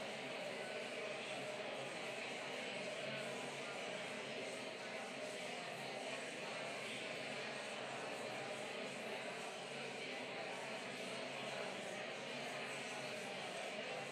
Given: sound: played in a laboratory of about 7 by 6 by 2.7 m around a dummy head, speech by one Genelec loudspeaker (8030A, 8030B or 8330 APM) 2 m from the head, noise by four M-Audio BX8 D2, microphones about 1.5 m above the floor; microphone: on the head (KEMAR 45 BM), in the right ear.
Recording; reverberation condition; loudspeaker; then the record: babble noise; high; four, about 170 cm from the corners of the room and facing them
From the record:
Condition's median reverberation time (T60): about 1300 ms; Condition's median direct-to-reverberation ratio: about -4.0 dB